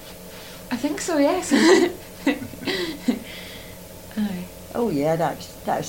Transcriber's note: laughs